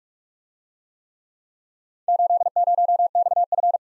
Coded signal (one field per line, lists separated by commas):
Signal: Morse code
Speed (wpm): 45 wpm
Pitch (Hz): 700 Hz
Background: none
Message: 80XF